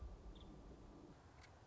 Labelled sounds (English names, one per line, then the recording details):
Nuttall's Woodpecker
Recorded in Sonoma County, California